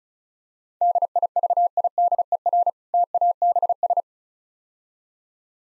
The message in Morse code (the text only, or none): DIVIDER TABS